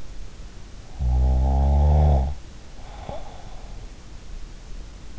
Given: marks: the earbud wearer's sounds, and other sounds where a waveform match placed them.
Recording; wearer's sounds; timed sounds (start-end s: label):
sounds in sleep by an in-ear microphone; snoring breath
0.88-3.88 s: snoring breath